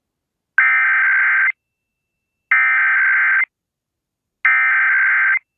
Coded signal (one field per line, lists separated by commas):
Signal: Emergency Alert System (SAME) tones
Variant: header bursts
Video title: 3/5/24 Massachusetts Monthly Test On Three Stations EAS#405-#407